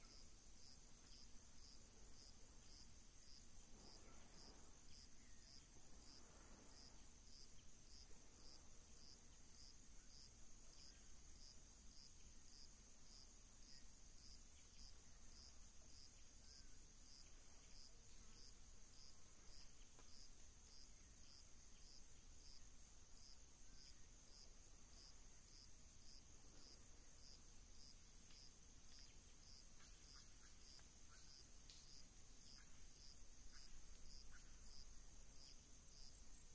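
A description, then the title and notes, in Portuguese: Tropical Atlantic forest at night-like chorus: dense, steady high cricket trilling pulses rapidly throughout, over a low constant rumble with faint calls. Floresta Tropical- Mata Atlântica/Tropical Forest-Atlantic Forest. As florestas ombrófilas densas submontanas se estendem pelas encostas das serras entre as altitudes de 50 a 500 metros.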